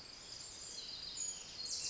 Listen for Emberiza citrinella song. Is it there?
no